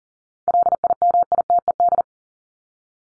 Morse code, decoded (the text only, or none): LIMITED